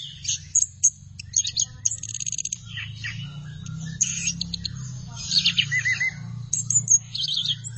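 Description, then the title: Thrush song, a varied stream of sharp high notes, rattling trills and squeaky phrases, with a steady low hum throughout. "burung anis x"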